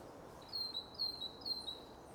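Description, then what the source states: Great tit song, a clear two-note 'teacher' phrase, high then slightly lower, repeated three times in quick succession over faint background hiss. 'Teacher' song heard live on a birding walk in Bath, England.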